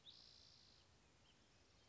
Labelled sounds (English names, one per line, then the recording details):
Spotted Towhee
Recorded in Sonoma County, California